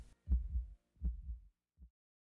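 An adult heartbeat: two low-pitched lub-dub beats about three-quarters of a second apart, followed by a faint, short thump.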